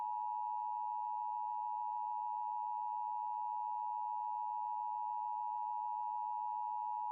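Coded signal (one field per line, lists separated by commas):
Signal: Emergency Alert System (SAME) tones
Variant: 853 and 960 Hz attention tone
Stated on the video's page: Mock alert scenario for a gamma-ray burst extinction event, with no loud audio cues.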